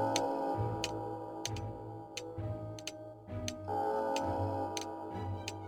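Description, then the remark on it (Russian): A wall clock ticks steadily in an empty office, sharp crisp clicks roughly twice a second, over a low sustained humming drone with no voices. “И только на стене одиноко тикали часы.”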